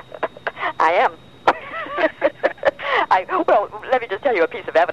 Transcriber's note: laughs